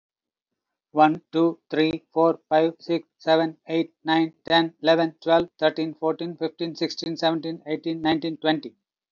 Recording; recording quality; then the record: counting at a fast pace; excellent, no background noise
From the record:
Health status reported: healthy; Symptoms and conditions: hypertension, ischaemic heart disease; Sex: male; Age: 58 years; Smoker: no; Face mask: not worn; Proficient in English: yes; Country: India